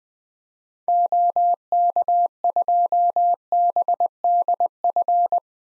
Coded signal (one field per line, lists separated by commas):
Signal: Morse code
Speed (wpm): 20 wpm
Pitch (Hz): 700 Hz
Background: none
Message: OK2BDF